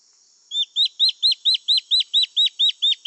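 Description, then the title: Black-faced antbird singing a rapid, evenly paced run of many high, sharp, downslurred notes. Subspecies ochrolaemus, assumed from location. "LuckyPassaro Completos2Sama. Black-faced Antbird (Myrmoborus myotherinus ochrolaemus (ssp assumed from location))"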